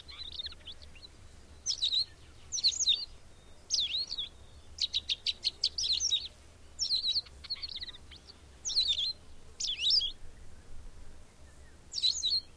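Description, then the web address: Bird song of scratchy twittering phrases, with one quick stuttering series in the middle, repeated at short intervals. "madarak enek"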